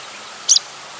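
Sprague's pipit call: one brief, high, squeaky note, slightly doubled, given once midway through an otherwise quiet moment with faint background hiss.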